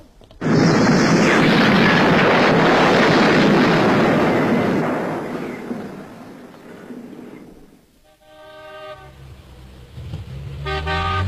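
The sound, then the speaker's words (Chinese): A sudden loud explosion from a deliberate bombing at the Taizigang Hotel bursts out and rolls into a roaring, crackling rumble that slowly fades over several seconds, followed by car horns honking in short tonal blasts. “803，太子岗酒店发生人为爆炸事件，局长要你马上赶到现场。”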